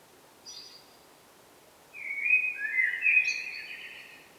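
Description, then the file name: Common blackbird song: a brief high note, then a fluty warbled phrase with some squeaky higher notes. "Turdus merula"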